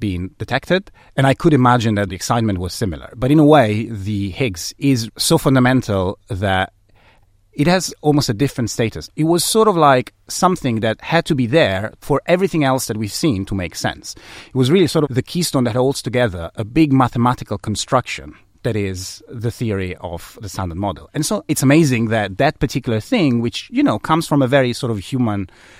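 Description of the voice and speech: One adult speaker with a mid-pitched voice talks fluently and clearly about particle physics, with a few short pauses between phrases. Voicing is smooth and articulation is ordinary, with no stuttering, slurring or hoarseness.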